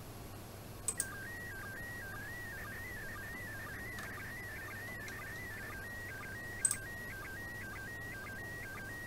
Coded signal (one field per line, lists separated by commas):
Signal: SSTV (slow-scan television)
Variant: PD 120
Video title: Międzynarodowa Stacja Kosmiczna nadaje obrazy drogą radiową. Jak odebrać SSTV z ISS?